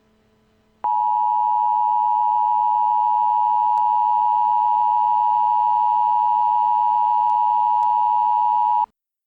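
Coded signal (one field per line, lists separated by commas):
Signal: Emergency Alert System (SAME) tones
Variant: 853 and 960 Hz attention tone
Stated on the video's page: Fictional EAS scenario, not a real alert.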